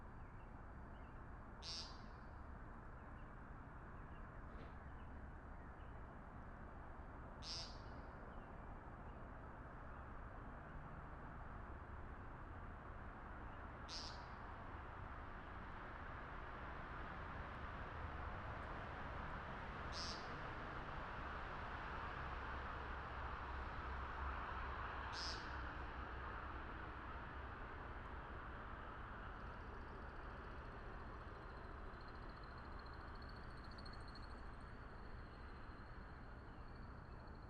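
A morning backyard in Wakefield, Rhode Island, with a steady rushing wash of traffic filling the background. Short bright calls, likely a bird, ring out every five to six seconds through the first twenty-five seconds, and a thin high tone enters near the end.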